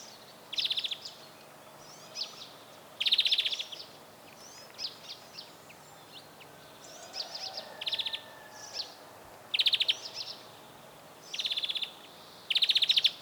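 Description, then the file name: European greenfinch giving rapid ticking trills and buzzy notes in bursts every one to two seconds, softer twitters between. "Chloris chloris"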